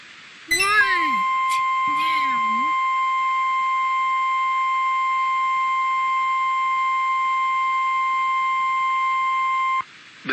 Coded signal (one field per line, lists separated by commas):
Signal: Emergency Alert System (SAME) tones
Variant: 1050 Hz attention tone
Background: speech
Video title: 500 EAS ALERTS! - Severe Weather Alerts from 5/19/2026 EAS (#493-#501)